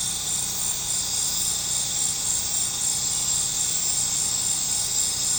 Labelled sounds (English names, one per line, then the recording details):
none
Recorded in pastures near Puerto Asís, Putumayo, Colombia, on 26 December 2024 at 20:00
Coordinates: 0.466, -76.322
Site G040